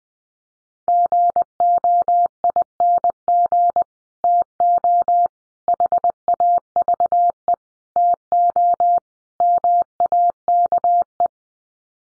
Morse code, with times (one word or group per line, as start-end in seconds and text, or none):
0.9-3.8 GOING
4.2-5.3 TO
5.7-7.5 HAVE
8.0-9.0 TO
9.4-11.3 MAKE